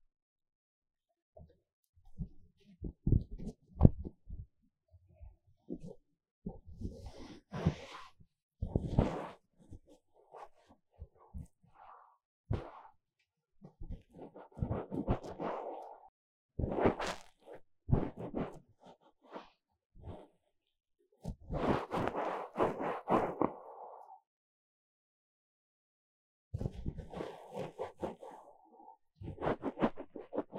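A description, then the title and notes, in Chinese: Foam being squeezed and rubbed in an ear massage, heard as bursts of crackling, crinkly friction. The scratchy strokes come in irregular clusters of a second or two, separated by brief silences, with a longer dense rubbing passage around 21–24 seconds. 3Dio Foam and Tingly Ear Massage for Stress Relief。耳朵泡沫按摩抒壓。NoTalking。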